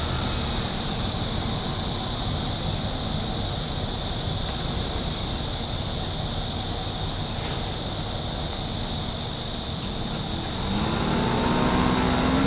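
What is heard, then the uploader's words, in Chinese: Insects and birds call from a small thicket, a dense, steady high-pitched buzzing of insects running throughout the clip. Beneath it sits a low rumble, and near the end, around the eleventh second, a rising tone joins and holds. 雨後的"都市""叢林"_台北市辛亥路一段3之1前。位置就在大馬路的正中央,看似一片小叢林裡傳出了蟲鳴鳥叫。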